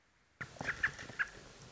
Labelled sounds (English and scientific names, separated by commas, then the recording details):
American Robin (Turdus migratorius)
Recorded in Sonoma County, California